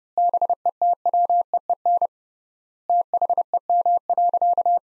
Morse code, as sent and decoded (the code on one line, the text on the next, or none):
-... . - .-- . . -. / - .... . -- .-.-.-
BETWEEN THEM.